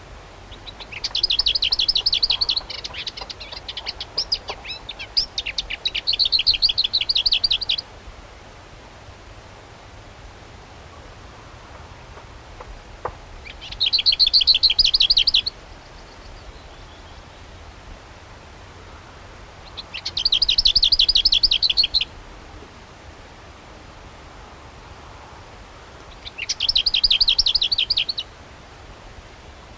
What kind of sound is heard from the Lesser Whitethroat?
song